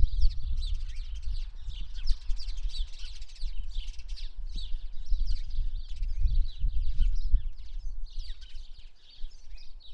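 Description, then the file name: House sparrow chirping, a steady chatter of short repeated notes over a low background rumble. "Passer domesticus"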